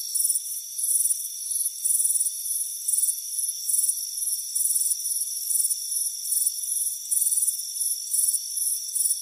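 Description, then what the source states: Repeated shrill cricket chirps in somewhat irregular bursts, backed by a constant high insect whine. Crickets chirping on a warm afternoon on a front porch.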